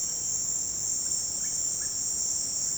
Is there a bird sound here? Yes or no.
yes